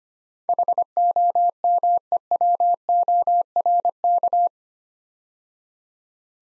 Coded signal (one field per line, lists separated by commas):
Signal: Morse code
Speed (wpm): 25 wpm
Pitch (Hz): 700 Hz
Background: none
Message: HOMEWORK